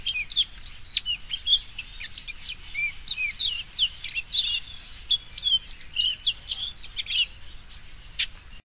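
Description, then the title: Bird song, a dense continuous chatter of high twittering notes and quick whistles, varied and unbroken, over a low background rumble. "LuckyPassaro Completos2Sama"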